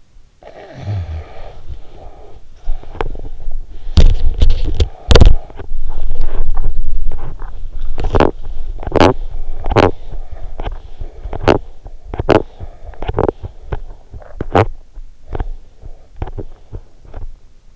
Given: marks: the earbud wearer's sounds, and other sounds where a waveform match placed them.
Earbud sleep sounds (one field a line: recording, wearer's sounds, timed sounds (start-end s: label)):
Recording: sounds in sleep by an in-ear microphone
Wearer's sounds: snoring breath, teeth grinding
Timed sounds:
0.00-2.17 s: snoring breath
2.30-17.76 s: teeth grinding